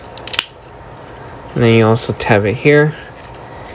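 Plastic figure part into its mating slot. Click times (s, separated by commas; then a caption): 0.4 s. A plastic action figure part, worked during transformation after repeated attempts, snaps into its mating slot with a short cluster of sharp clicks ending at 0.4 s. Afterward someone talks over a quiet background. The part is seated.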